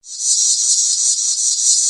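Cicada buzzing: a steady, high-pitched continuous drone with slight pulsing, holding evenly throughout.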